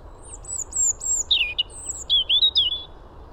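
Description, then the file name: European robin song: high thin whistles running into a cascade of lower liquid notes and several quick, sweet, wavering flourishes. "Erithacus rubecula"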